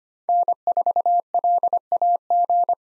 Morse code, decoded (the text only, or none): N4LAG